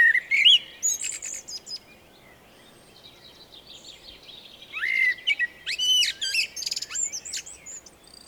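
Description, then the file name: Eurasian blackbird song of mellow warbles mixed with high, thin twittering, two phrases with a quieter stretch between. "Turdus merula"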